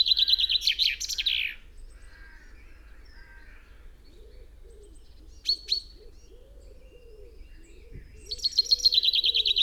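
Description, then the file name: Common chaffinch ending a song, then a pair of sharp call notes, and a new song starting, with faint low cooing behind. "Fringilla coelebs"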